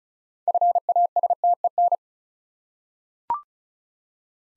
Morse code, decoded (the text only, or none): FASTEN